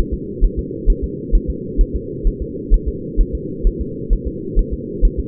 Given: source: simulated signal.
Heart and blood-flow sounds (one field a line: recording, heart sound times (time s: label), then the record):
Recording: fetal heart sounds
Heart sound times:
0.14 s: S2
0.44 s: S1
0.59 s: S2
0.90 s: S1
1.04 s: S2
1.35 s: S1
1.50 s: S2
1.81 s: S1
1.96 s: S2
2.27 s: S1
2.42 s: S2
2.74 s: S1
2.88 s: S2
3.21 s: S1
3.35 s: S2
3.67 s: S1
3.81 s: S2
4.13 s: S1
4.28 s: S2
4.59 s: S1
4.73 s: S2
5.05 s: S1
5.20 s: S2
From the record:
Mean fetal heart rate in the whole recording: 130 bpm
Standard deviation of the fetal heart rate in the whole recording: 2 bpm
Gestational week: 38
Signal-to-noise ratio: -4.1 dB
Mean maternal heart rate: no maternal heart sound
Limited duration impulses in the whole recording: absent